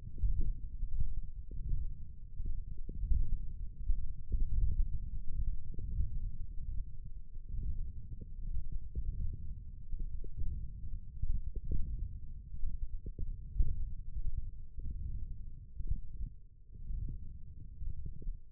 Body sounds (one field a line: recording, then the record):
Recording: forearm muscle sounds (acoustic myography)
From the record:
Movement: wrist extension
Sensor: system 1, eight BSWA MPA416 microphones around the upper forearm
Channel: 4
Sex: male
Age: 21 years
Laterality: right